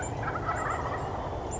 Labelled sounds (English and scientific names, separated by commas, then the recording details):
Wild Turkey (Meleagris gallopavo)
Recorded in Sonoma County, California